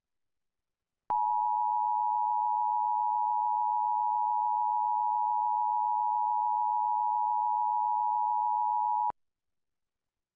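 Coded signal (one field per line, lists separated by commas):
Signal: Emergency Alert System (SAME) tones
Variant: 853 and 960 Hz attention tone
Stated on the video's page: Real severe thunderstorm warning recorded from a digital TV subchannel 38.4.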